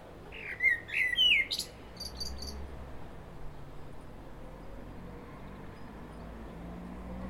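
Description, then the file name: Common blackbird giving one short fluted, warbling phrase with a high scratchy flourish, followed by a few faint high ticks and quiet background. "Turdus merula"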